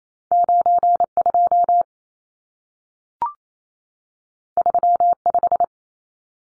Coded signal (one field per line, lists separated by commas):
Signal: Morse code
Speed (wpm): 28 wpm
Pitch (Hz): 700 Hz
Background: none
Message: 92 35